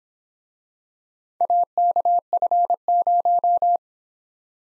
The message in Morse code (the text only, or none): AKF0